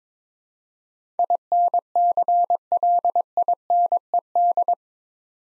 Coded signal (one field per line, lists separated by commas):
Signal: Morse code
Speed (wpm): 23 wpm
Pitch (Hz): 700 Hz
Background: none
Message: INCLINED